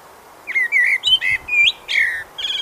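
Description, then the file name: Eurasian blackbird song phrase: mellow warbled whistles that rise and fall, closing with a thin, high chattering flourish. "Turdus merula"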